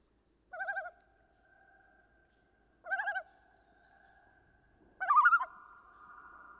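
Common loon's quavering tremolo notes, two short softer bursts then a louder wavering one, each trailing into a lingering tone.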